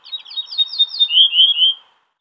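Ortolan bunting song: a short run of thin, high notes followed by three louder, lower notes.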